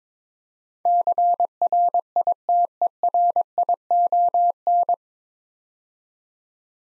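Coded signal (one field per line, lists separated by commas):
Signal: Morse code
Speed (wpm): 22 wpm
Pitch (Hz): 700 Hz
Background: none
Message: CRITERION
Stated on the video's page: Morse practice set at 22 wpm building 9-letter words three letters at a time, for instant character recognition training.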